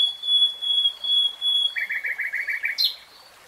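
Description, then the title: Nightingale song: a long sustained pure whistle, followed by a quick series of about eight short repeated notes and a sharp flicked note. Nightingale singing in real time. "[Tiếng chim hót] 3 Hours REALTIME Nightingale Singing"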